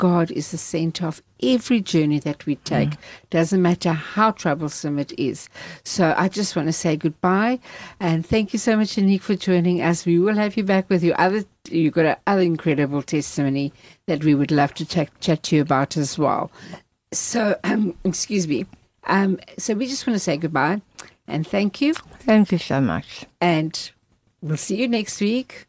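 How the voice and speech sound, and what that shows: A woman speaks fluently in a warm, mid-pitched voice, closing a conversation with goodbyes and thanks. Her voice is clear and steady, with ordinary rhythm and brief natural pauses, and the background is quiet.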